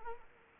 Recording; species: mosquito wingbeat signal from an infrared sensor; Anopheles arabiensis